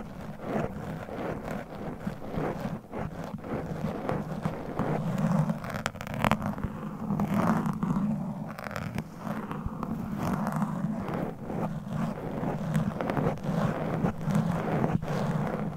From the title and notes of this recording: ASMR Mic Scratching - Brain Scratching with Claws. No Talking.